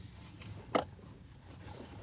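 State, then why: Seated. An old, beat-up plastic switch cover is pressed on over the switch of the parking brake assembly during a parking brake switch replacement. A single short, sharp click rises above a quiet, low background hum at 0.8 s. The cover snaps and locks into place.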